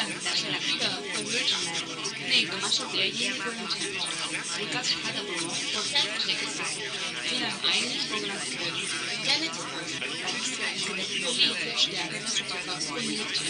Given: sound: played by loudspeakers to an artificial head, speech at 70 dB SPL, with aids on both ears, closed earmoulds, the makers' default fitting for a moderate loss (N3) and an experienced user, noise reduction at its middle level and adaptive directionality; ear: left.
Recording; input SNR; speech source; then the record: speech test signal (ISTS) in cocktail-party noise; -3 dB; on the right (90 degrees)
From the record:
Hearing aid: class 2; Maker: A